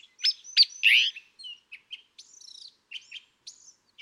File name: California Thrasher